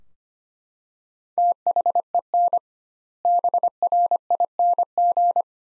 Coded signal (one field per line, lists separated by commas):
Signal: Morse code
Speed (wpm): 25 wpm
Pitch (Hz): 700 Hz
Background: none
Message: THEN BRING